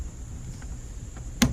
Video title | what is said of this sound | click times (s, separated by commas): 2018 Wrangler K&N Cold Air Intake Install jeep JL | Now we're going to slide this in until we hear it click. | 1.4 s